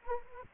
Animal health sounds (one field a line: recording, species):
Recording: mosquito wingbeat signal from an infrared sensor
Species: Anopheles arabiensis